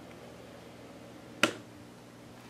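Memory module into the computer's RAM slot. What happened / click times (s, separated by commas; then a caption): The memory module snapped into its slot / 1.4 s. A laptop-style SO-DIMM memory stick is pushed, gold contacts on the right, into the RAM slot of an aluminum 21.5-inch iMac. After a quiet stretch, one sharp snap is heard at 1.4 s, and the module clicks into place, seated in the slot.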